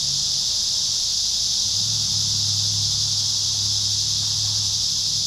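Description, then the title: Cicada: a short stretch of cicada chorus, a loud continuous high hiss over a steady low hum. Cicadas at Trinity. "neoscenes: cicadas at Trinity"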